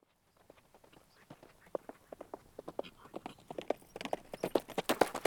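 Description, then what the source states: Horse cantering, rapid irregular hoofbeats on dirt that start soft and grow steadily louder and sharper toward the end. Horse cantering past on a dirt surface.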